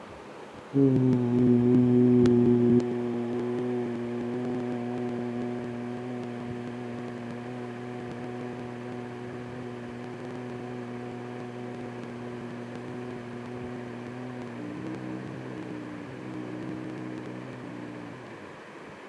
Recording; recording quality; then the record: sustained vowel as in boot; moderate, slight background noise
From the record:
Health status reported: healthy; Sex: male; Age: 59 years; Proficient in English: yes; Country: India